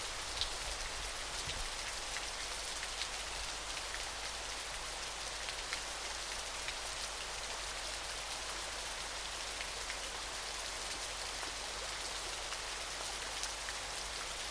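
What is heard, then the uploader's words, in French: A small waterfall pours in a steady, dense hiss of splashing water, bright and unchanging throughout, with a faint low rumble underneath. Murmure Cascade: La Sérénité de l'Eau. Une petite cascade, où l'eau s'écoule doucement dans un bassin clair.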